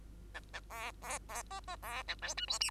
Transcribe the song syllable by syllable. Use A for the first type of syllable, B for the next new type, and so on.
A A B B B C C B A D E F G